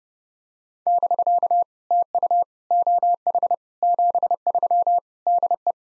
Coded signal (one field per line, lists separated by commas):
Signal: Morse code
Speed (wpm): 30 wpm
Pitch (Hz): 700 Hz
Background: none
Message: <BK> TU OH 73 DE